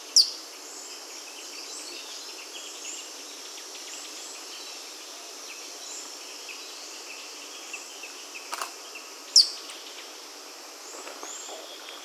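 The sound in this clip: Madagascar pygmy kingfisher calls: two sharp, very high squeaky notes about nine seconds apart over steady background noise.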